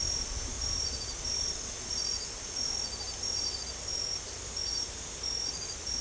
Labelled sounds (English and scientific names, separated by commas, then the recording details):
none
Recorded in secondary vegetation near Puerto Asís, Putumayo, Colombia, on 18 December 2024 at 22:30
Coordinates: 0.468, -76.324
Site G095